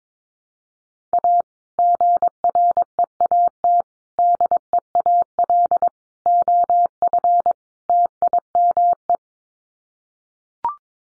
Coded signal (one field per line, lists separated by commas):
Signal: Morse code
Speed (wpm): 22 wpm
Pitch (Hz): 700 Hz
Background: none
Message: A GREAT DEAL OF TIME